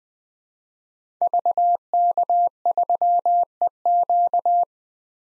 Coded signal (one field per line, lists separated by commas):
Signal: Morse code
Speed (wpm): 20 wpm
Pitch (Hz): 700 Hz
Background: none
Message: VK3EQ